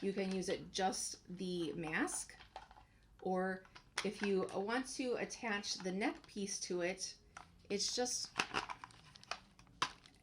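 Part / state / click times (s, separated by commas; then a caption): neck attachment piece into LED face mask / seated / 9.8 s. A plastic neck attachment piece is pushed onto a 7-color LED face mask while someone talks, with some crinkling and handling noises. It seats with a sharp snap at 9.8 seconds.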